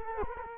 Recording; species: mosquito wingbeat signal from an infrared sensor; Culex quinquefasciatus